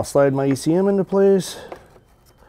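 After a lithium battery is installed, an electrical module or holder is slid into its mount on a motorcycle battery tray while someone talks. Faint handling noise follows the speech, and nothing has seated or clicked yet.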